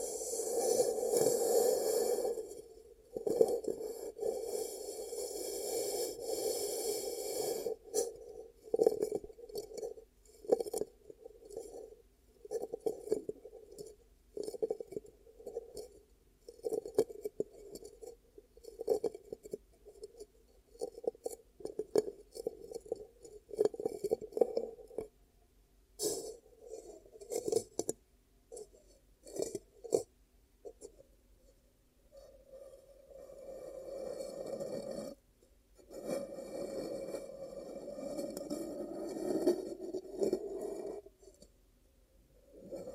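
Ear cupping sounds: muffled, low rubbing pulses that come and go in quick bursts, some fast and fluttering, others slower and longer. Bright crackly scratches sit on top near the start and around 26 seconds, and the last stretch turns into a steadier hollow whoosh.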